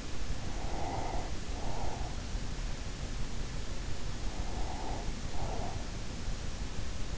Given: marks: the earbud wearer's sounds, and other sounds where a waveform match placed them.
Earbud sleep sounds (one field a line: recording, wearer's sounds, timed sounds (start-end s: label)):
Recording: sounds in sleep by an in-ear microphone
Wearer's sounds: breath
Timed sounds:
0.00-2.74 s: breath
4.26-6.26 s: breath